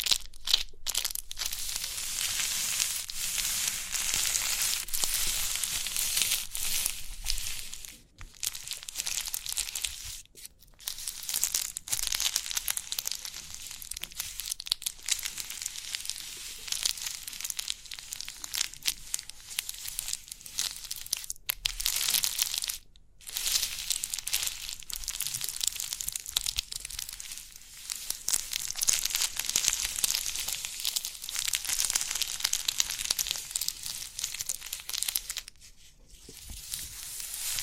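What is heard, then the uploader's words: Crinkly pimple popping: dense, bright crackling and rustling runs almost nonstop, broken by a few brief silences around 1, 8, 10, 23 and 36 seconds. Crinkly Pimple Popping.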